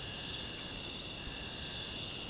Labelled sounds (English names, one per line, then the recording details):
none
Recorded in secondary vegetation near Puerto Asís, Putumayo, Colombia, on 26 December 2024 at 04:00
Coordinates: 0.499, -76.323
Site G010